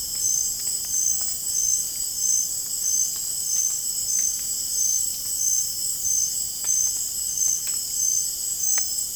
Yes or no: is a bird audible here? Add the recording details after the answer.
no. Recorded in dense forest near Puerto Asís, Putumayo, Colombia, on 27 June 2025 at 19:30. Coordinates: 0.503, -76.323. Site G059